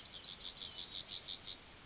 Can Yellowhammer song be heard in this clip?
yes